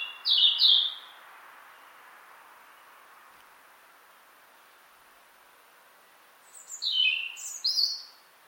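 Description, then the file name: European robin delivering a quick pair of high, sharp notes, then after a long pause a tumbling phrase of several thin, sliding notes. "Erithacus rubecula"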